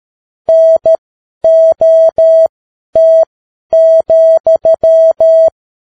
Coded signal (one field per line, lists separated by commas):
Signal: Morse code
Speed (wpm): 13 wpm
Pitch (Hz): 650 Hz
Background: none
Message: NOT,